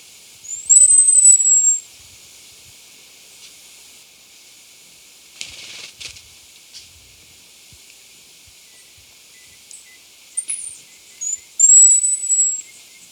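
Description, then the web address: Barred Fruiteater song: two long, thin, very high whistles well apart, each slightly rising then level, with faint other sounds between them. Recorded in Ecuador. "Natures Songs S America Birds of Ecuador 3. Barred Fruiteater"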